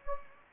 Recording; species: mosquito wingbeat signal from an infrared sensor; Anopheles gambiae